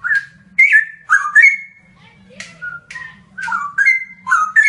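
Bird song of loud whistled notes sliding in pitch, with sharp click-like onsets, given in quick bursts over a low steady hum.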